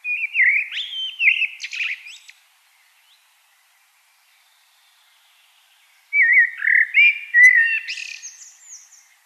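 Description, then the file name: Common blackbird giving two flowing warbled phrases separated by a silent pause of a few seconds, each rich and fluty with a high, scratchy twittering end. "Turdus merula"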